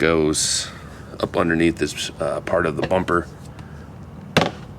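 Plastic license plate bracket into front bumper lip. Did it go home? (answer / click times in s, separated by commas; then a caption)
yes / 4.4 s. Someone talks while the lip of a plastic OEM front license plate bracket is pushed up under the edge of the front bumper on a 1995–2001 second-generation Ford Explorer SUV. A sharp click at 4.4 seconds marks the bracket locking into place, seated.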